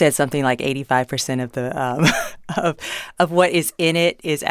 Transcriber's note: laughter